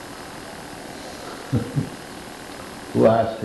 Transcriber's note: laughs